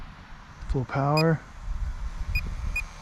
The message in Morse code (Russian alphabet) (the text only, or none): none